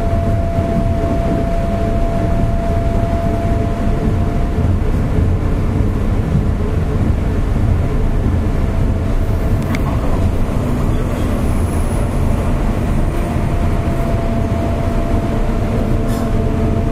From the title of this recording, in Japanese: JR201系電車 環状線内回り 大阪から天王寺まで